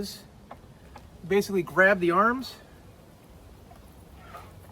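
Someone talks while gripping the folding metal arms of an anymaka hammock stand, ready to pull them up into the frame joint. Only quiet handling sounds and two faint ticks around 0.5 and 1.0 seconds are heard, and nothing has locked or clicked into place yet.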